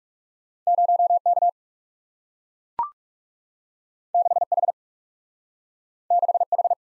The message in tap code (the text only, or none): none